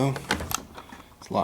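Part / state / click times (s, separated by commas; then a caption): replacement timer into washing machine control console / seated / 0.6 s. Someone talks as a replacement timer is pushed into its mount in a washing machine control console. It snaps home with a sharp click at 0.6 s and is locked into place, ready to be screwed back down.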